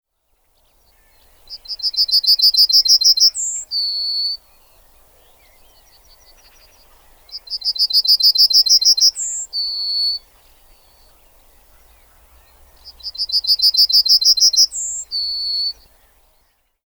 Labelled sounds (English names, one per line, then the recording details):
Yellowhammer
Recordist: Tembrock, Günter
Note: Gesang